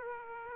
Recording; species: mosquito wingbeat signal from an infrared sensor; Aedes aegypti